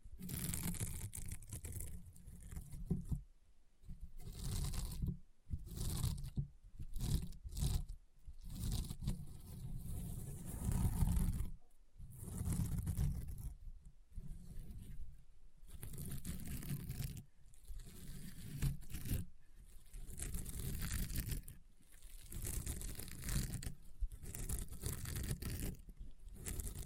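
Slime is squished and pulled, dense crunching and popping bursts separated by short silences, with deep squelching under crisp crackles.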